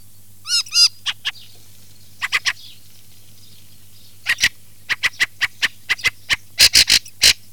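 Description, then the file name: Fieldfare call series: two hooked whistled notes, then scattered dry chacks building into a long, loud chattering run, with a faint steady hum throughout. "CESENA"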